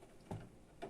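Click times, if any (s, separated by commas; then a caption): none. A power supply's CPU power plug, one of two similar plugs, is tried on the motherboard's CPU power header but does not fit. Two short plastic ticks are heard at about 0.3 s and 0.8 s, and nothing has seated or clicked yet.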